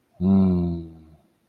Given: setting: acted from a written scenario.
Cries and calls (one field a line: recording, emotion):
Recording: vocal sound without words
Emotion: serenity